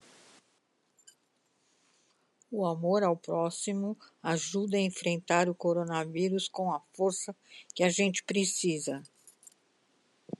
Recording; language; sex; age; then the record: spoken sentence; Brazilian Portuguese; female; 70 to 79 years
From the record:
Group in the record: control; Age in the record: 70 years